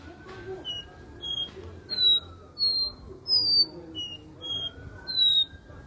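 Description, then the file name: Seedeater singing a series of pure, high whistles at varying pitches, over a faint gliding background hum. "canto do caboclinho"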